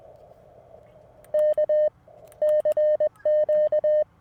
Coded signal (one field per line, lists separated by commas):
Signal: Morse code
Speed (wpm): 20 wpm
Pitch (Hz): 590 Hz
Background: none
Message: K CQ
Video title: Budget CW Ep. #2 - MTR4B, CW Morse, and 17' Whip at the Beach!